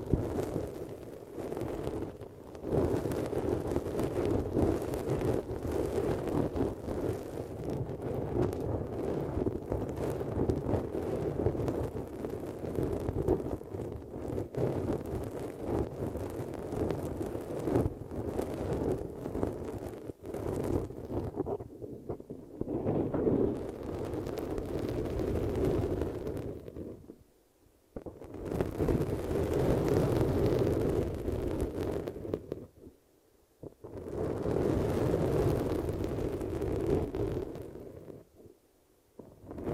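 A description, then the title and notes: Muffled rubbing and buffeting, a thick, low rumble like wind pressing on the ears. It runs almost unbroken for the first twenty seconds, then comes in swells separated by sudden brief silences near 27, 33 and 38 seconds. ASMR Ear Melting Eardrum Massage for Sleep (No Talking).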